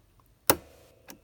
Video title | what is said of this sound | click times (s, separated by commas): How to sell a cash register for a HUGE PROFIT! On Ebay and Amazon | let's see if you hear a click there you go click put it right in there | 0.5 s